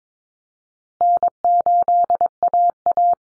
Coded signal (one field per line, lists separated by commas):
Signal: Morse code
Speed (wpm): 22 wpm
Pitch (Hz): 700 Hz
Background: none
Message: N8AA